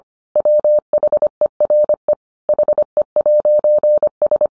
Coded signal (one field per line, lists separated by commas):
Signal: Morse code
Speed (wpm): 25 wpm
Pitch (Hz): 600 Hz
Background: none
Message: WHERE HE'S